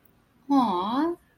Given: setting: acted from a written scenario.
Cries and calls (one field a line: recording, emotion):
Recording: vocal sound without words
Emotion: adoration